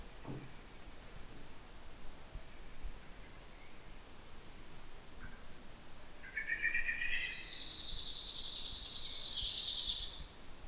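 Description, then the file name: Eurasian blackbird calls: a harsh rasping burst followed by a long, thin, high drawn-out note lasting about three seconds, after a quiet opening. "Turdus merula"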